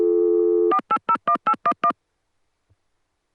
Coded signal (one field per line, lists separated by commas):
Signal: DTMF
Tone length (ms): 80 ms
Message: 4801811